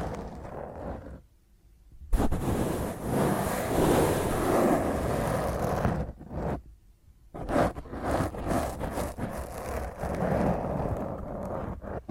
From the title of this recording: Intense Rough Mic Scratch using HandNails